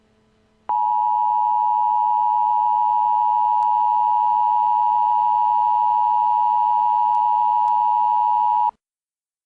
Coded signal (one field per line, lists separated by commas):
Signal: Emergency Alert System (SAME) tones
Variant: 853 and 960 Hz attention tone